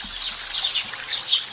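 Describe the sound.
Sparrows chirping, a dense chorus of high, bright overlapping chirps.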